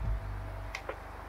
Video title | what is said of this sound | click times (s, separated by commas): iRocker 11 All Around SUP Review - Complete With All Around 10 and Competitor Comparison | go until you hear that clicking noise where it goes up in the hole | 0.8 s